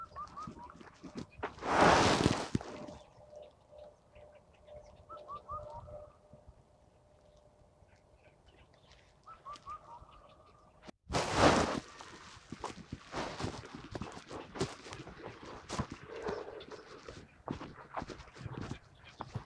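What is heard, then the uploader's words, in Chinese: Birdsong on a river's north bank: short chirps and trills come and go over a quiet outdoor hum, with a steady faint tone running through the first half. Two loud bursts of rustling break in near two and eleven seconds, and busy crackling clicks fill the second half. 沙河北岸鸟鸣记录。在沙河观鸟三小时，记录下多种鸟类的叫声和自然的声音，当然还有人声。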